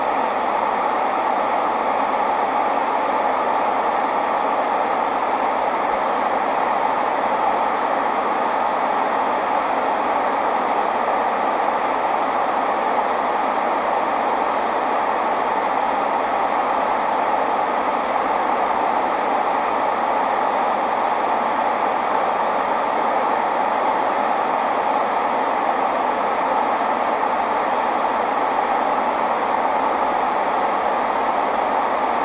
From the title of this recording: White Noise